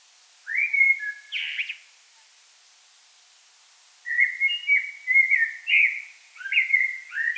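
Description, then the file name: Common blackbird song: a brief mellow phrase with a scratchy end, then after a pause a longer run of rapid whistled warbling notes. "Turdus merula"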